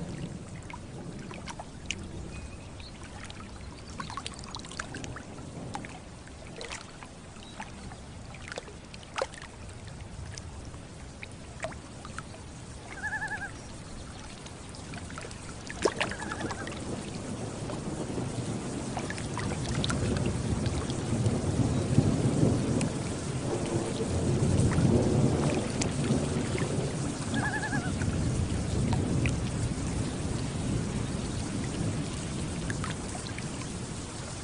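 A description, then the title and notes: A thunderstorm over a lake, with a steady patter of rain and scattered drips. Low rumbling thunder swells from about sixteen seconds and peaks around twenty-five before easing. Short tonal calls, likely loons, sound near thirteen, sixteen and twenty-eight seconds. Thunderstorm and Loons on Lake with Gentle Water Lapping.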